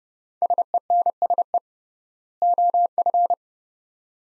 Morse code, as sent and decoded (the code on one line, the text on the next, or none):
... . -. ... . / --- ..-.
SENSE OF